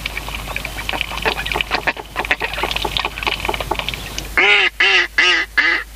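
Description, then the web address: Mallard quacking, several loud, harsh quacks in quick succession near the end, after several seconds of busy, chattering calls. "sikioto. magamo"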